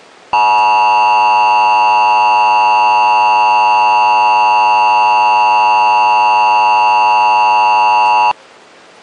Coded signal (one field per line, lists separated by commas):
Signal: Emergency Alert System (SAME) tones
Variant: 853 and 960 Hz attention tone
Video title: Hāne'e - EAS Scenario (LAST VIDEO OF 2024)